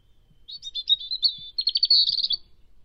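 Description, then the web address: European robin song phrase, a thin high series of warbled notes followed by a fast trilled ending, quiet background. "Deverinetal 2025"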